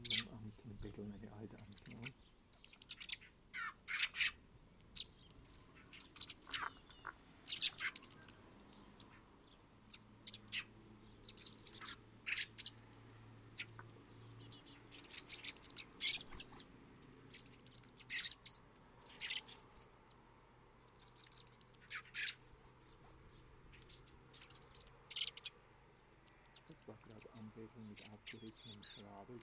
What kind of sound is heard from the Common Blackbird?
call